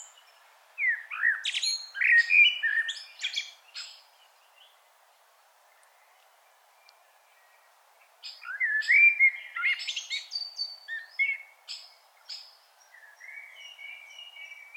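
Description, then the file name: Common blackbird singing two phrases separated by a pause, each a mellow low warble ending in a thin, squeaky twittering flourish. "Turdus merula"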